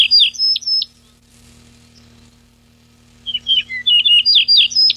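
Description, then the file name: Yellow-breasted bunting song: clear phrases of sharp descending whistled notes, one phrase at the start and another after a pause. 14 June 1993. "7 14 06 93 Eaureola"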